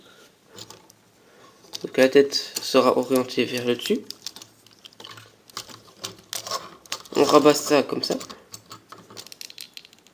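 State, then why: Not seated. A plastic transforming robot toy is handled while someone talks, with light plastic clicks and taps as a panel is folded down against the toy's body. Nothing has seated or clicked into place yet.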